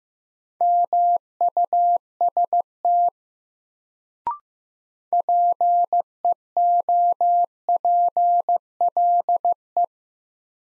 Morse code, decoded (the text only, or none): MUST PEOPLE